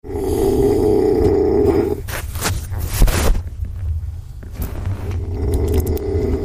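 A loud, rough, low-pitched droning sound lasts about two seconds, gives way to a stretch of noisy, breathy airflow, then returns near the end. This is heavy, very loud snoring in an adult.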